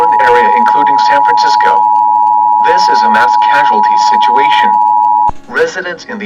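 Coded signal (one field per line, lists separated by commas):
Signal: Emergency Alert System (SAME) tones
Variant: 853 and 960 Hz attention tone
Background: speech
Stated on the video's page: Fictional EAS scenario with valid SAME tones: Tornado Emergency, Extreme Tornado Emergency and derecho extreme wind alerts for California.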